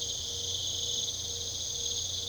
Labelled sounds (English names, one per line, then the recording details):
none
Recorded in pastures near Puerto Asís, Putumayo, Colombia, on 22 December 2024 at 23:00
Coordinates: 0.486, -76.323
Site GP01